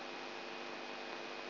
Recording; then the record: brain microelectrode recording played as sound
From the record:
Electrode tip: outside the subthalamic nucleus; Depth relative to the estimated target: 4 mm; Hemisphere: right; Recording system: AlphaMap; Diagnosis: Parkinson's disease